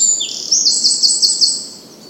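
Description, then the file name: Eurasian wren song fragment, a sharp high note followed by a fast, even trill of repeated ticks that fades out. "Troglodytes troglodytes"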